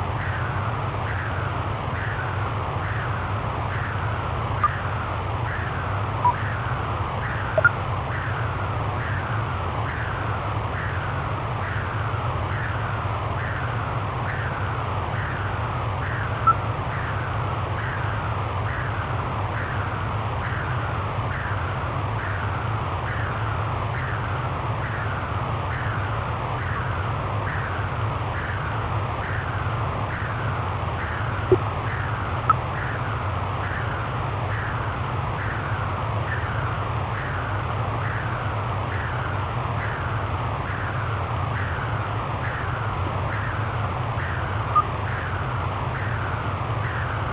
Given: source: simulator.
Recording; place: transcranial Doppler ultrasound of blood flow; middle cerebral artery (MCA)